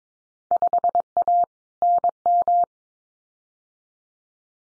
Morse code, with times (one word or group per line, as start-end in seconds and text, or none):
0.5-1.4 5A
1.8-2.6 NM